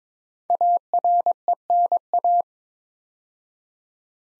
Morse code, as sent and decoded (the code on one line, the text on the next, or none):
.- .-. . -. .-
ARENA